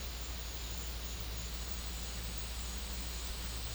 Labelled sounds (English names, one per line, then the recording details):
none
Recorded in secondary vegetation near Puerto Asís, Putumayo, Colombia, on 8 March 2025 at 13:00
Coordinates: 0.498, -76.327
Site G001